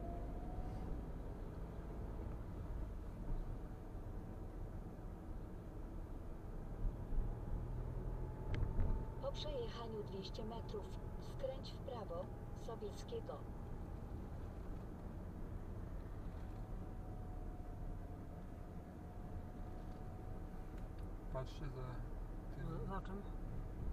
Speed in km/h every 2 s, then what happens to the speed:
31, 30, 31, 33, 36, 33, 31, 30, 28, 28, 29, 29.
0-8 steady at about 31. 8-16 slows to 28. 16-24 steady at about 28.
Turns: none.